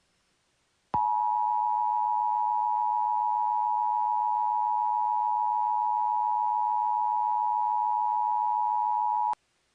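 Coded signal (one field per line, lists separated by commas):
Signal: Emergency Alert System (SAME) tones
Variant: 853 and 960 Hz attention tone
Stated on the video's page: Fictional EAS scenario alert about winter; loud tones.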